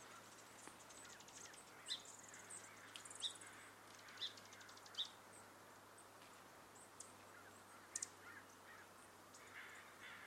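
Along footpaths at Dharma Rain Zen Center, short bird chirps pop up every second or so over a steady low hum and hiss.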